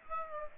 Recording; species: mosquito wingbeat signal from an infrared sensor; Aedes aegypti